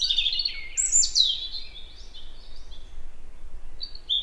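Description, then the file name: European robin gives a fast, high twittering phrase with sharp pitch jumps, then falls quiet before a brief closing squeak, over low background rumble. "Erithacus rubecula"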